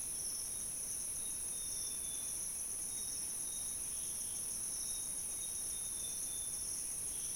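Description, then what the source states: Insect chorus of dense, unbroken high shrilling in two bands, with thin whistled bird notes drifting through the background. Insect and bird chorus recorded in Gabon.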